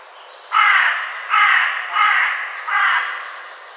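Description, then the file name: Carrion crow giving four harsh, rasping caws in a series, with a quiet background. "Corvus corone"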